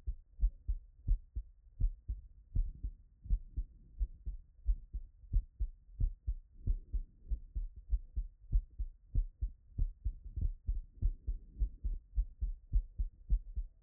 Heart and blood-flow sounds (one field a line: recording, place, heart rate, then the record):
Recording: heart sounds by stethoscope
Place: Erb's point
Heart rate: 93 bpm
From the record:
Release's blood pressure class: hypertension stage 2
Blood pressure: 145/57 mmHg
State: after exercise